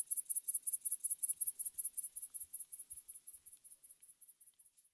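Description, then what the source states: Grasshopper stridulation: very high, scratchy pulses repeated rapidly, gradually fading toward the end. In a neighbour's tree.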